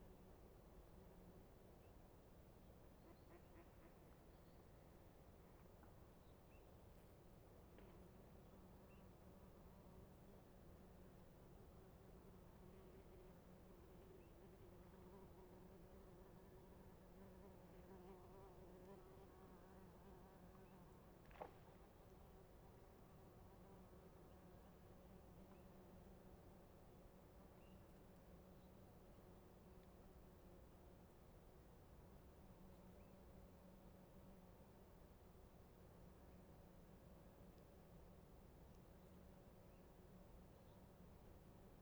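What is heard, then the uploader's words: A lake at dawn, filled with a steady, low droning buzz like swarming insects, unchanging throughout, with one sharp click near the middle. Little Pend Oreille National Wildlife Refuge, Bayley's Lake at dawn. The morning continues at Little Pend Oreille National Wildlife Refuge's Bayley's Lake.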